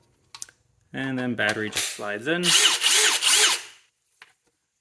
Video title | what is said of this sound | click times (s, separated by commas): RIDGID R862312K 1/4 Impact Driver Kit Unboxing & Overview | quick connect bit and just push it right in locks in place | 0.3 s, 0.4 s